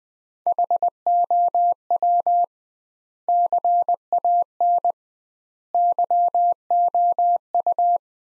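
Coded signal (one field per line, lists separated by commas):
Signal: Morse code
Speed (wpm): 21 wpm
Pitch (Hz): 700 Hz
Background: none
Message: HOW CAN YOU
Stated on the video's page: Morse practice at 20 wpm: sentences built from the top 100 words, sent with twice the standard word spacing.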